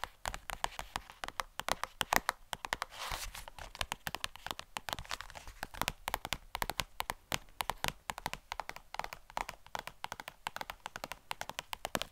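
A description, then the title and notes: Rapid, irregular tapping runs through the whole recording, dense clusters of sharp clicks with brief pauses around the three- and eight-second marks. The hits are crisp, with a dry crinkly edge, over a faint low hum. ASMR Best Tapping For ULTIMATE Brain Tingles (No Talking).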